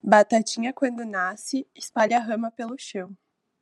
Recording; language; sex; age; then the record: short text; Brazilian Portuguese; female; 20 to 29 years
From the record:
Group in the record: control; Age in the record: 22 years